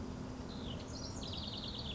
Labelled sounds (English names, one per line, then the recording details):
House Wren
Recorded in Sonoma County, California